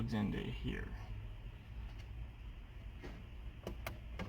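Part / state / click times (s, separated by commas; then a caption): antenna adapter plug into car radio antenna socket / seated / 3.9 s. Someone talks briefly as an antenna adapter plug is pushed into the antenna socket on the back of a Boss BV755BLC double-DIN car radio. A short pop at 3.7 s leads into a sharp click at 3.9 s as the plug seats, followed by another faint tap at 4.2 s.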